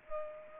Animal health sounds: mosquito wingbeat signal from an infrared sensor; Culex pipiens

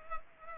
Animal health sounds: mosquito wingbeat signal from an infrared sensor; Culex pipiens

